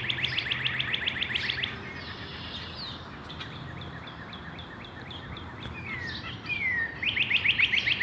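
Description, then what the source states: Birds singing: a fast series of repeated notes, then scattered high chips, downward-slurred whistles, and another rapid trill near the end. Recorded in a backyard.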